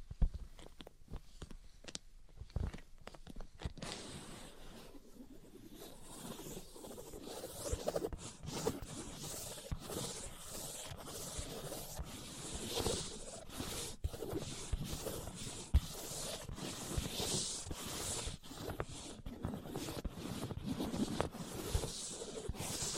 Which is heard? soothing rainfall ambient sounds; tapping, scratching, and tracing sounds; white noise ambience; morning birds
tapping, scratching, and tracing sounds